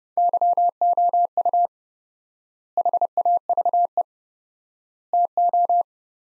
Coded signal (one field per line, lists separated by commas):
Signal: Morse code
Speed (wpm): 30 wpm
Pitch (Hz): 700 Hz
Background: none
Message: YOU HAVE TO